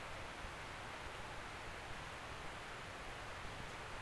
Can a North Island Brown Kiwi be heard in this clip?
no